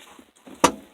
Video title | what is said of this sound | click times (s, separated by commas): #G35HiddenFeatures G35 Coupe (HIDDEN FEATURES ON THE G35) | hear that clicking noise and that means you can pull your seats down and voila | 0.7 s